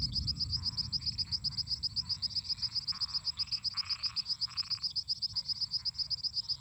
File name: Grilos cigarras e sapos cantando a noite